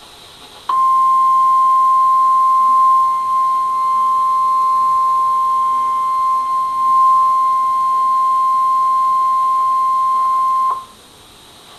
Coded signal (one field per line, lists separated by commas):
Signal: Emergency Alert System (SAME) tones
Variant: 1050 Hz attention tone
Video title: Required Weekly Test - 12/24/08 (EAS #2)